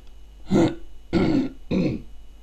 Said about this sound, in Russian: Генерал также молча выпил, плотно закусил хлебом и салом и, спрятав добрую отрыжку в плече адъютанта, прокашлялся.